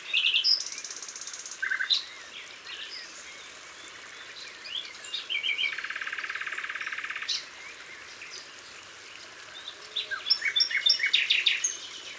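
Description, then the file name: Common Nightingale song with sustained buzzy trills, a long dry rattling phrase in the middle, and a closing series of quick sharp notes. Recorded in Isère, France. "Rossignol-philomele-Concerts-naturels-de-l Isere-Studio-Les-Trois-Becs"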